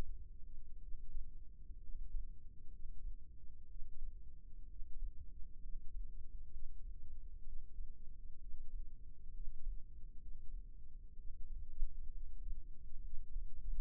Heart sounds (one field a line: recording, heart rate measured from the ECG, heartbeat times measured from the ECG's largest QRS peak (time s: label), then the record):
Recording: heart sounds by microphone in the left ear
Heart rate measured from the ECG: 64 bpm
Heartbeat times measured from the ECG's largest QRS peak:
0.82 s: heartbeat
1.82 s: heartbeat
2.72 s: heartbeat
3.69 s: heartbeat
4.69 s: heartbeat
5.62 s: heartbeat
6.52 s: heartbeat
7.46 s: heartbeat
8.41 s: heartbeat
9.34 s: heartbeat
10.21 s: heartbeat
11.17 s: heartbeat
12.13 s: heartbeat
13.04 s: heartbeat
From the record:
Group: healthy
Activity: rest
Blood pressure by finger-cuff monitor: 93/51 mmHg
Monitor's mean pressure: 67 mmHg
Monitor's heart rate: 63 bpm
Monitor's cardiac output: 6.7 L/min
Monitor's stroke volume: 101 mL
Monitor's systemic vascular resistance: 690 dyn s/cm5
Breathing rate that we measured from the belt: 16 breaths a minute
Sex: male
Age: 22 years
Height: 181 cm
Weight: 79 kg